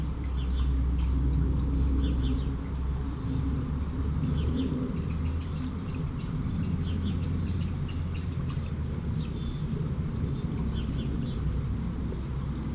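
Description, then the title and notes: Eurasian blackbird repeating a thin, high-pitched call note many times, against a constant low hum of water. One blackbird beside a small stream in Aveize, France, 12 July 2017; recorded with DPA-2006c microphones in AB position into a MixPre-3. "69610 Aveize, France - Merle - Blackbird. 20170712-Merle et ruisseau. Bord de ruisseau, un merle, quelques mouches, des avions au loin"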